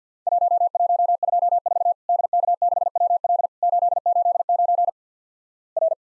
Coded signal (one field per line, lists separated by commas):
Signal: Morse code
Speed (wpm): 51 wpm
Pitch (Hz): 700 Hz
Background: none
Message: 1124 DK6WL 889 R